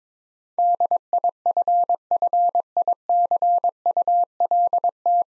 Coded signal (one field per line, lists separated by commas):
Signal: Morse code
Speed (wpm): 22 wpm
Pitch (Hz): 700 Hz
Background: none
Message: DIFFICULT